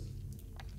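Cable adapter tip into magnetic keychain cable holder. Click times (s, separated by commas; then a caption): 0.6 s. A small magnetic adapter tip on a Rolling Square InCharge multi-cable keychain charging cable is fitted into its magnetic keychain holder over a low hum, with faint light ticks just before. A sharp, bright snap at 0.6 s marks the tip seating into place.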